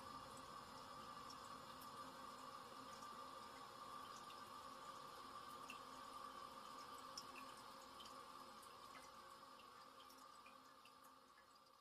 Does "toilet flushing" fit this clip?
yes